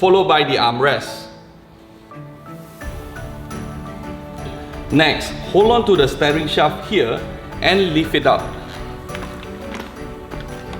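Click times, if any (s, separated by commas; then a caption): none. Someone talks over background music while holding the steering shaft of a folding Doona Liki Trike S5 Midnight Limited Edition toddler trike and lifting it up toward its plastic and metal frame hinge. A few short, faint ticks are heard near the end, but the shaft has not yet seated or clicked into place.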